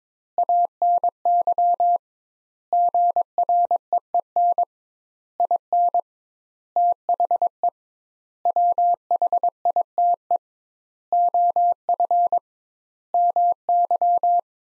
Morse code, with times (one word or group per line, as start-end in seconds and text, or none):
0.4-2.0 ANY
2.7-4.6 GREEN
5.4-6.0 IN
6.8-7.7 THE
8.5-10.4 WHITE
11.1-12.4 OF
13.1-14.4 MY